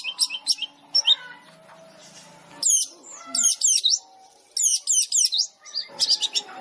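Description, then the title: Long-tailed shrike song in short bursts of very high, squeaky chirps and zigzag notes, separated by quieter pauses with faint low tones. Long-tailed shrike song used as masteran, training material for other shrikes; described as full tembakan, rapid burst-style song. "MASTERAN CENDET FULL TEMBAKAN"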